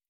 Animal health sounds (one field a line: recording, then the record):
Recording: hydrophone in a shrimp aquaculture tank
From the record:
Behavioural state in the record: stressed